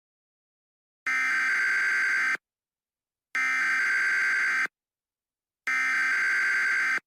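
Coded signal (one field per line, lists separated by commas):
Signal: Emergency Alert System (SAME) tones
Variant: header bursts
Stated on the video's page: Fictional EAS scenario.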